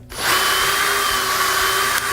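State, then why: Not seated. A drill with its bit chucked up is handled at the drill guide of a pocket hole jig, and steady drill whine starts around 0.1 s and runs to the end. Nothing has seated or clicked yet.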